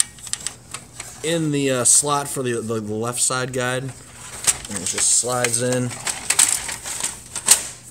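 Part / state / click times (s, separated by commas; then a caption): left side guide into its slot in the laser printer chassis / seated / 6.4 s. In an HP LaserJet 4200/4240/4250/4300/4350 laser printer, during swing plate installation, the left side guide is set on its guide and slid into its slot in the printer chassis while someone talks. A few sharp knocks come near the start, and the guide clicks into place at about 6.4 s, seated, followed by a few more light taps.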